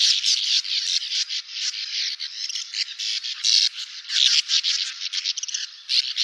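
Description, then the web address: Sand martin chatter: loud, rasping, rapid twitters, densely packed and uneven in rhythm, barely pausing. "syoudoutubame"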